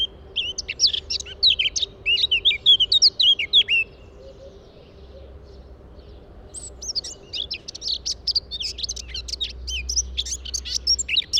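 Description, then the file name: Eurasian blackcap song: quick, high, scratchy warbling, a brief lull, then a longer, denser burst of rapid notes. "Sylvia atricapilla"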